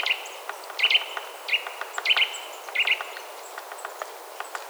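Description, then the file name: Eurasian nuthatch giving short, sharp piping notes in loose irregular bursts, with faint ticking clicks between them. "Sitta europaea"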